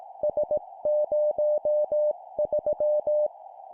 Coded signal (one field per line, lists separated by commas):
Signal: Morse code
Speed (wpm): 18 wpm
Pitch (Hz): 600 Hz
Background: none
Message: S03